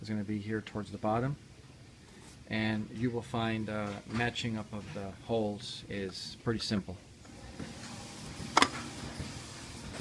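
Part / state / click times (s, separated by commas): pump head onto pump motor housing / seated / 8.6 s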